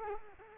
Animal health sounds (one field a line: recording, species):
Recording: mosquito wingbeat signal from an infrared sensor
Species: Culex quinquefasciatus